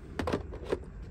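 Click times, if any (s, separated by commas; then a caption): none. The plastic dust bin assembly of a Gtech AirRam K9 Mk2 vacuum cleaner is handled and pushed back toward the vacuum body after the filter has been refitted. Short plastic knocks are heard at about 0.2, 0.3 and 0.7 seconds over a low background hum. The bin has not seated or clicked into place yet.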